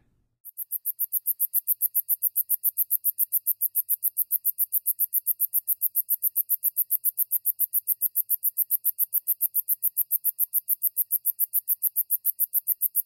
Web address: The Songs of Insects. Sword-bearing Conehead